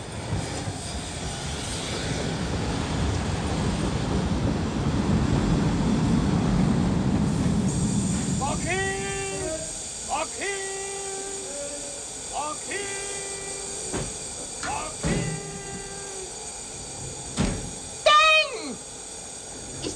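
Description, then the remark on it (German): A train rumbles in with a steady low roar that fades, then a series of short, high, squealing brake tones repeat in uneven bursts as it slows to a stop. “Na, da ist er ja, der Zug.”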